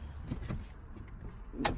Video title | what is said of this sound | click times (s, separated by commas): Walkaround tour Swift Bessacaar 596 2019 by Morag Moulsdale | of, you can feel it, but just do it gently, and then it clicks into place. | 1.6 s